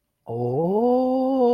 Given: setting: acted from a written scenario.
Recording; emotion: vocal sound without words; awe